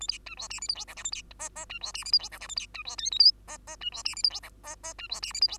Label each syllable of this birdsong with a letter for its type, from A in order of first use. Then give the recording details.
A B C D E F G H I J A B K K C D E F G H I J A B C D L M N K K C D E F G H I K K C D E F G H. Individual Bird2